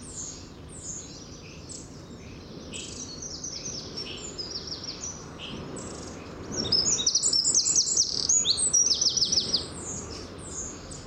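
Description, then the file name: Eurasian wren song: rapid, very high trills and buzzy chattering phrases, growing louder and denser midway, over a soft low background hum. "Troglodytes troglodytes"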